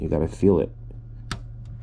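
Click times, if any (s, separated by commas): 1.3 s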